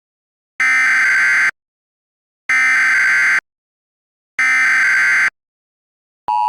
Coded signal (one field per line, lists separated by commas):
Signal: Emergency Alert System (SAME) tones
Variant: header bursts